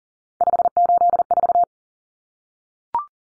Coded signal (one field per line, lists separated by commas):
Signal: Morse code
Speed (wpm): 40 wpm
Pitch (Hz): 700 Hz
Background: none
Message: 584